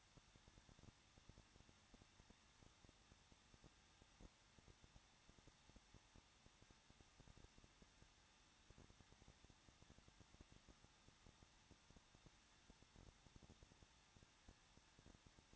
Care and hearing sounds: daily activity, microphone in the room; no activity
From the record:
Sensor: 3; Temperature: 21.2 degrees Celsius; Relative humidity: 36.3%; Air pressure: 1006.4 hPa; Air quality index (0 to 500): 221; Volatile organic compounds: 40 ppm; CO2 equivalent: 3147 ppm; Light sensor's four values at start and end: 2/3/2/2 and 2/3/2/2

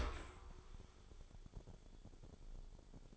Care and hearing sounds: daily activity, microphone in the room; open dishwasher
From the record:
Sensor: 5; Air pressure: 1015.1 hPa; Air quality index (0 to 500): 143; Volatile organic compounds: 4 ppm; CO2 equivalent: 1542 ppm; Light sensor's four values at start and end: 36/85/34/35 and 38/91/37/39

